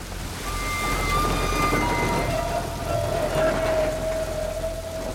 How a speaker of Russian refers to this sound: Пешеход спешит по темной улице, дождь, мимо деревьев и жилых особняков.